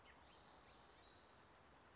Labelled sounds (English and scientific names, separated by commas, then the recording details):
California Towhee (Melozone crissalis)
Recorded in Sonoma County, California